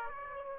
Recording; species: mosquito wingbeat signal from an infrared sensor; Aedes aegypti